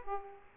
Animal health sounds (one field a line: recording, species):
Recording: mosquito wingbeat signal from an infrared sensor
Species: Aedes aegypti